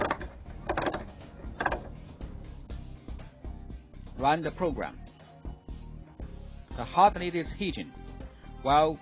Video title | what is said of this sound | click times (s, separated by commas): Thermal Cyclers | and knob clockwise until you'll hear a clicking tongue | 0.1 s, 0.7 s, 0.8 s, 0.9 s, 1.6 s, 1.7 s